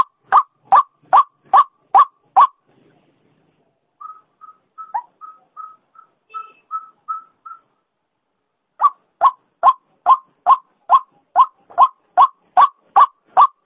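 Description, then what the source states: White-breasted waterhen croaks in a rapid regular series, interrupted by a stretch of soft short piping notes before the harsh croaking returns. Female bird; call used as a lure sound; local name ruak-ruak.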